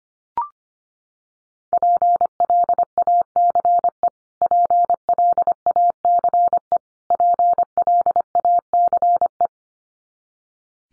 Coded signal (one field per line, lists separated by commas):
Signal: Morse code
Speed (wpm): 25 wpm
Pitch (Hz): 700 Hz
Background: none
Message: PLACE PLACE PLACE